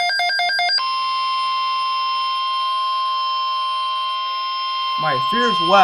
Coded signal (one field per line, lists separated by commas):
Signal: Emergency Alert System (SAME) tones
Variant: 1050 Hz attention tone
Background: speech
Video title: Severe Thuderstorm Watch [EAS #5]